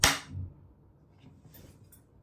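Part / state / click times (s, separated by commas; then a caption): slotted part into robot vacuum / seated / 0.0 s. A part is placed into three slots on a Eureka Forbes robotic vacuum cleaner and pressed in. It gives a sharp click at 0.0 s, which shows it is fixed, and the rest is quiet apart from faint rustling and a small tap near 1.9 s.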